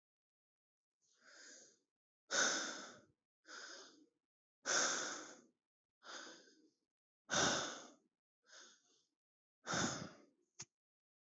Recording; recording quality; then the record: deep breathing; excellent, no background noise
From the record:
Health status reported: healthy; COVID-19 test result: negative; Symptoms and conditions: cough, sore throat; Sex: male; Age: 27 years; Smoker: yes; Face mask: not worn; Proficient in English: yes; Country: India